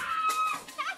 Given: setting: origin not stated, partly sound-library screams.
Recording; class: one-second piece from a danger detection set; woman in danger